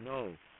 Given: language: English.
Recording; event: throat vibration sensor signal played as sound; speech